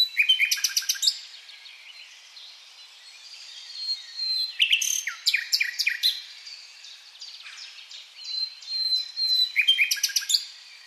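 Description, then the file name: Common nightingale song in bursts of rapid, loud repeated notes, separated by quieter twittering and high whistles. "Luscinia megarhynchos"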